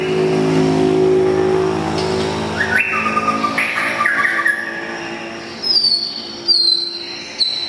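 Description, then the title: Oriental magpie-robin song: loud whistled notes around the middle, then high sliding whistles repeated about once a second, after a droning engine-like hum that fills the opening seconds. "kacer"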